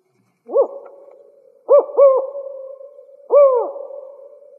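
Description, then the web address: Spotted owl hooting in a four-note pattern: one hoot, a quick pair of hoots, then a longer closing hoot. Recorded in Arizona. "Owls AZFO SPOW"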